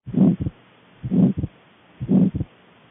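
Pulmonary stenosis in an adult heart, heard through a stethoscope: three beats at about 62 per minute, each with a loud murmur filling the gap from the first heart sound to a short, distinct second sound, followed by a silent pause.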